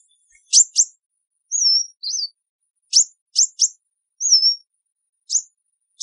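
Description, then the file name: Sunbird calls: quick high chips in pairs and triplets, mixed with thin slurred whistles, spaced irregularly over a few seconds. "Tieng chim hut mat"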